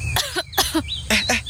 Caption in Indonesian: Aku batuk karena asap itu. Lihat deh, ada yang lagi bakar sampah. Asapnya mengandung zat beracun yang bisa menyebabkan batuk, sesak nafas, serta iritasi pada mata dan tenggorokan.